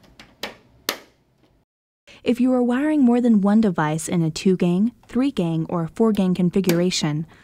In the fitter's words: snap your device into the frame pushing firmly until you hear a snap